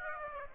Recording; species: mosquito wingbeat signal from an infrared sensor; Aedes aegypti